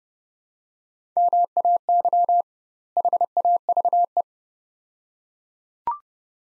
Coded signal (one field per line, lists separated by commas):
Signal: Morse code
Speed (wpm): 31 wpm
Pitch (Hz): 700 Hz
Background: none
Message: MAY HAVE